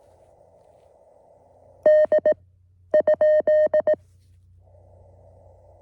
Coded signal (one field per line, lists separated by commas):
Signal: Morse code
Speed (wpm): 19 wpm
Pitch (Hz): 610 Hz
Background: none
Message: D ?